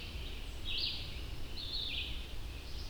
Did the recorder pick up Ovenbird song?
no